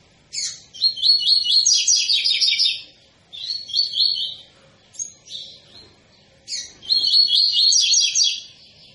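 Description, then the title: Double-collared seedeater song: several bursts of quick, high, buzzy repeated notes, with a long phrase at the start, short ones in the middle and another long phrase near the end. Tui-tui song style, described as a tutor song for teaching young birds. "COLEIRO TUI TUI FIBRA"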